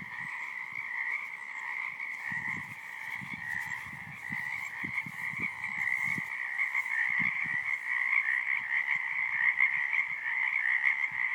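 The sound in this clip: Crickets chirring in a steady, continuous chorus with bands at two pitches, joined by scattered low thumps and rumbles.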